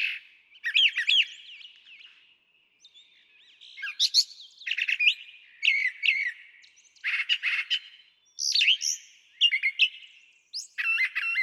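Brown Thrasher song, a long sequence of changing phrases, whistled, chirpy and harsh, frequently sung in pairs with little pause between them.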